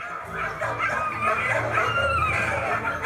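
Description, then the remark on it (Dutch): A chorus of four to six dogs in a shelter kennel pen bark and yelp over one another without pause, a dense, steady wall of overlapping high-pitched yaps and barks with no one speaking. “Hoeveel honden zijn dat nou in dat hok?”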